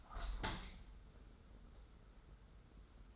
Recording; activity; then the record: daily activity, microphone in the room; open window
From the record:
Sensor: 3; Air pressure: 991.3 hPa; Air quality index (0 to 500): 118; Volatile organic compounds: 90 ppm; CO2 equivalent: 3683 ppm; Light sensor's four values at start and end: 48/132/54/47 and 48/131/53/47